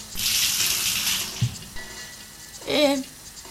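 Water gushes and splashes out of an upturned glass in a loud, hissing rush for about a second, then fades, followed by a short vocal exclamation.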